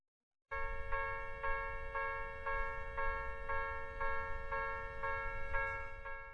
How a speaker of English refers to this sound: Pretty sure this is the sound of a train crossing. In Japanese, we express it as, Kan, kan, kan.